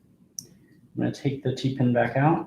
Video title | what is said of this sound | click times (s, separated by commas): Perming A Mullet 2 application | and push until you hear a gentle click. | 0.4 s